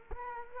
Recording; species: mosquito wingbeat signal from an infrared sensor; Culex quinquefasciatus